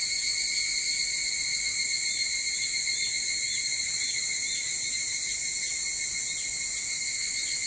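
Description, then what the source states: Evening cicadas singing in chorus, a constant high metallic ringing with faint wavering pulses and no pauses. Recorded 22 July 2023 at 04:40.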